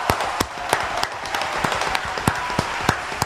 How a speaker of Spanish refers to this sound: Y darles un fuerte aplauso. Gracias, porque la verdad se lo merecen. Aplauso gigantesco, por favor. Gracias.